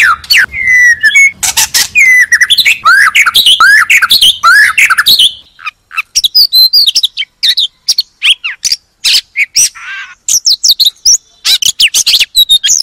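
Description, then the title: Oriental magpie-robin singing a long, rich medley of sweet whistles, slurred notes and harsh buzzy bits, with a short pause midway before it resumes. "Kacer"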